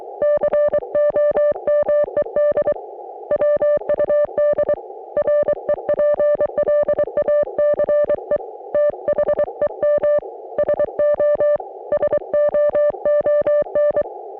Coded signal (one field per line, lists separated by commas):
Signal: Morse code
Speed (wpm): 23 wpm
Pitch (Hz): 560 Hz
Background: music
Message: COMED WUD REPLACE THEM SO SOON